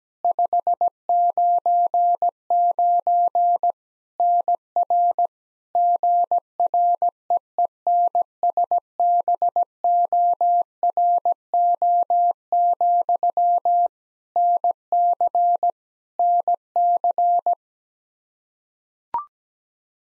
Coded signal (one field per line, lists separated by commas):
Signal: Morse code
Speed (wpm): 17 wpm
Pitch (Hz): 700 Hz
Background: none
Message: 599 NR GREENSBORO, NC NC